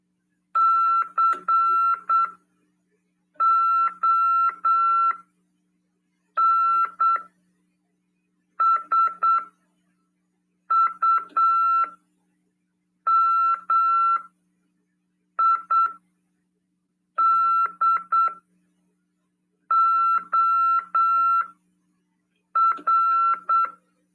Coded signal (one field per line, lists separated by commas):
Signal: Morse code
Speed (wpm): 8 wpm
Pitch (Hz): 1340 Hz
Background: none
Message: CONSUMIDOR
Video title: RADIOAMADOR 30/12/2022 PY2EXU PAULO...continuando